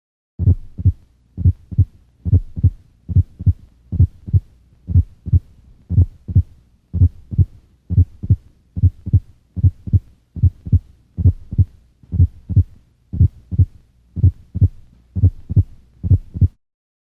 A simulated sinus arrhythmia. On inspiration, there is reduction in vagal tone that results in a noticeable increase in the heart rate. Sinus arrhythmia is a normal rhythm in dogs and cats.